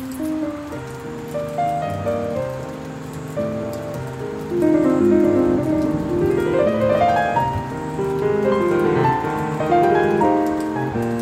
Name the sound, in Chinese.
鋼琴音樂配合雷雨的聲音